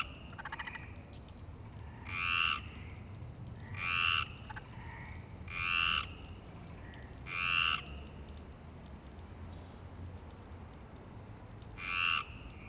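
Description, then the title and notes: Frog croaks: four loud rasping bursts roughly every two seconds, a long pause, then one more, over a faint background of other croaking frogs. Frogs in Parc Longchamp, Marseille, Provence-Alpes-Côte d'Azur, France, 26 March 2011 at 19:35; recorded with a MixPre-6 and Basic UCHO. "Marseille, Provence-Alpes-Côte d'Azur, France - 26_03_11_19_35 Longchamps grenouilles. Grenouilles au parc de Longchamp MIXPRE 6 + BASIC UCHO"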